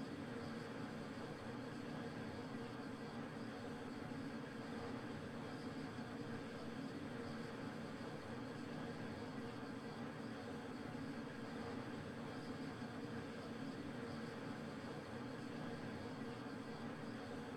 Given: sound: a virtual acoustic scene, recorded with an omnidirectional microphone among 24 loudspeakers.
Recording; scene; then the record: noise of the scene; olnoise from 0 degrees (S0N0)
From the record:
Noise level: 65 dB SPL